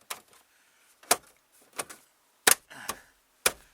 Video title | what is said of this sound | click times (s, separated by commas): 2000 Cherokee Sport head lamp light switch replacment | the whole thing just snaps right in place so | 0.1 s, 1.1 s, 3.5 s